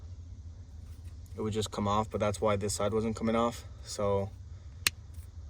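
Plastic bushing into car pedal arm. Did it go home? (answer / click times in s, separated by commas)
yes / 4.9 s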